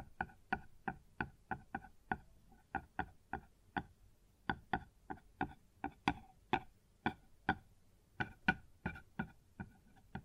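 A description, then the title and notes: Sharp wooden knocks tap out on a surface at a quick, slightly uneven pace, roughly three per second, each crisp and bright with a short ring. ASMR Sounds on Wooden Surface (No Talking).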